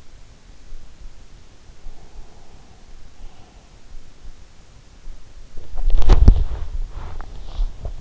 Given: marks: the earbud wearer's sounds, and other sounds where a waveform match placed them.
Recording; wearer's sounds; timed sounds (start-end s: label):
sounds in sleep by an in-ear microphone; breath, body movement
1.42-4.39 s: breath
5.56-8.01 s: body movement